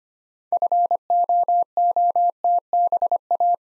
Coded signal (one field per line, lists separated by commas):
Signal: Morse code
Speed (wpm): 26 wpm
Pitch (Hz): 700 Hz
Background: none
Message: FOOTBA